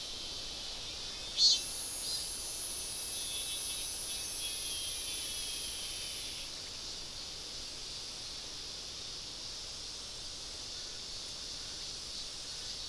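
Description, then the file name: Insect giving a faint, steady high-pitched drone with a brief click near the start and little else heard. "mainly insect"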